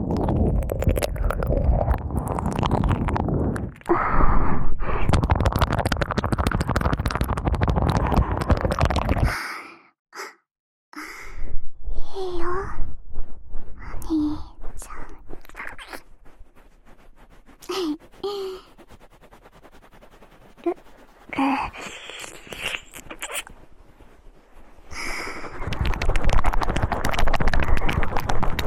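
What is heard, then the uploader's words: Ear eating sounds, with wet, crackling mouth noises pressed right up against the mic, dense and rough for the first nine seconds and again from about 25 seconds. In between, the sounds thin into sparse clicks, smacks and soft breathy sighs with short silences. ASMR Cute & Fast Ear Eating.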